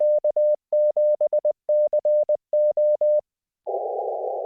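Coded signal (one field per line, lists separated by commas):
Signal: Morse code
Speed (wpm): 20 wpm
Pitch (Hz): 600 Hz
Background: none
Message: K7CO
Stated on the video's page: Remote operation of an Icom IC-7300 via RemoteTx.net, POTA.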